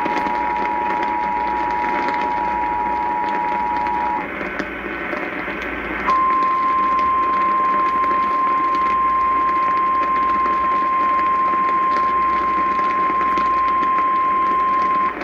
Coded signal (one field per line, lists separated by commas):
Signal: Emergency Alert System (SAME) tones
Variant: 853 and 960 Hz attention tone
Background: speech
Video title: WIDESPREAD VS. ISOLATED - EAS Alerts from 06/15/2022 (EAS #454-475)